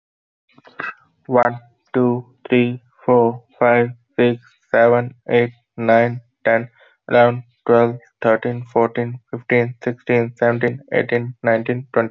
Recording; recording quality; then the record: counting at a normal pace; moderate, slight background noise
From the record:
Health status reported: healthy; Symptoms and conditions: none ticked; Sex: male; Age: 25 years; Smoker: not ticked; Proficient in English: yes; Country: India